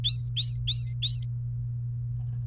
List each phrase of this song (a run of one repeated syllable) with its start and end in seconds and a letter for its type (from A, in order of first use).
0.05-1.26 A